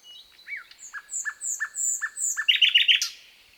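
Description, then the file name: Common nightingale song phrase: a few spaced, slurred whistles, then evenly repeated notes, ending in a fast, loud, rattling run of sharp notes; a faint steady high tone behind. "Luscinia megarhynchos"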